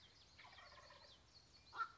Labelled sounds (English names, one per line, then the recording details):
Wild Turkey
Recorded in Sonoma County, California